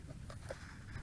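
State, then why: Not seated. A plastic prop guard is being handled and pushed back toward the arm of a DROCON 5G WiFi FPV GPS drone with a 1080P HD camera. Only soft handling noise is heard, with a brief sharper sound near 0.3 s over a low background rumble. Nothing has seated or clicked yet.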